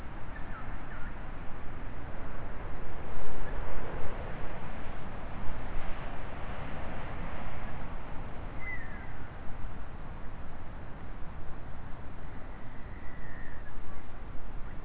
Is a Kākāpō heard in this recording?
no